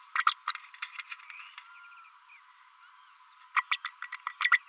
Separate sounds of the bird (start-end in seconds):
0.26-0.34, 0.47-0.54, 3.71-3.78, 4.02-4.09, 4.12-4.19, 4.29-4.33, 4.41-4.51